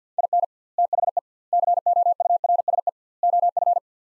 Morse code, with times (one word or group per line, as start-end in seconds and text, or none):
0.2-0.4 IN
0.8-1.2 THE
1.5-2.9 COURSE
3.2-3.8 OF